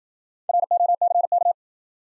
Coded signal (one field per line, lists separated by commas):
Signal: Morse code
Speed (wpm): 52 wpm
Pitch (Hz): 700 Hz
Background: none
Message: ROCK